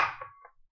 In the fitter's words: Hear it pop.